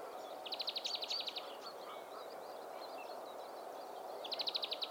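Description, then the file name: European greenfinch calls: a fast, dry trill of clipped notes, repeated after a pause, over steady background noise. "Chloris chloris"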